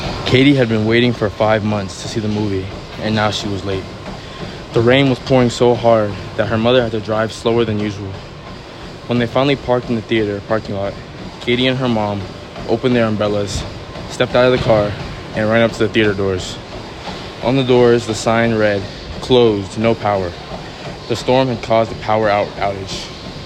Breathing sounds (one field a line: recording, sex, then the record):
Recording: reading aloud after running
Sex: male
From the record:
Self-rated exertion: moderate exertion (3 of 6)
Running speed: 8 miles an hour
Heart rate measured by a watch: 144 beats a minute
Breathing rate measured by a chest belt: 13 breaths a minute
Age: 20 years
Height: 188 cm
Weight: 84 kg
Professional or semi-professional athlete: no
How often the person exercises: over 5 times a week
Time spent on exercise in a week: over 5 hours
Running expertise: yes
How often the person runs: 3 to 5 times a week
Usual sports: soccer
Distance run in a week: 17 km